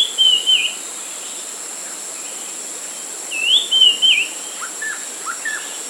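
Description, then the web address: White-chested Babbler whistling two slurred, wavering phrases about three seconds apart, followed by soft downslurred notes, against a constant high-pitched insect drone. Recorded at Danum on 28 June 2008. "DANUM 20080628. white-chested babbler"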